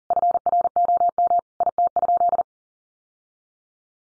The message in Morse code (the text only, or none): FROM IT?